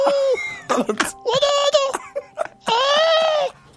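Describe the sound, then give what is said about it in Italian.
A baby wails inconsolably after a lullaby ends, in long, loud, high-pitched cries, three sustained bursts broken by short gasping catches of breath, the strained tone wavering slightly and never settling. “Non si è riuscito a placare, nonostante la fine della ninna nanna.”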